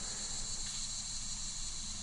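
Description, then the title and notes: Cicadas produce a constant shrill buzzing drone over a low rumbling hum. Cicadas in West Brighton, Staten Island, late summer 2008. "Recording of cicadas made by Dan Bodah in West Brighton, Staten Island"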